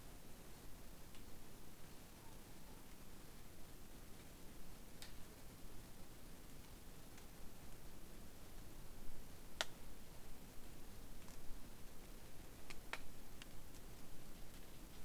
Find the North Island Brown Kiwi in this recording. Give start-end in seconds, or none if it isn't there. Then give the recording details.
none. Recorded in New Zealand on 8 January 2015. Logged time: 01:58. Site BX23